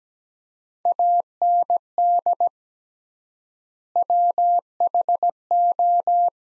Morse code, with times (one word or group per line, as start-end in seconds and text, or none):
0.9-2.5 AND
4.0-6.3 WHO